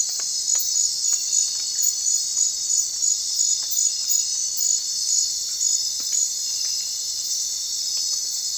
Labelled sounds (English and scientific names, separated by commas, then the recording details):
none
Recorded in secondary vegetation near Puerto Asís, Putumayo, Colombia, on 30 June 2025 at 01:00
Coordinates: 0.499, -76.323
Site G077